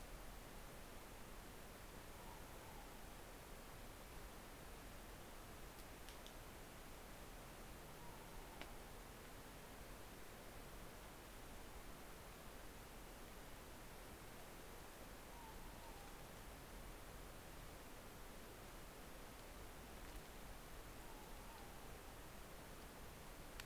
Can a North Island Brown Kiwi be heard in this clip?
no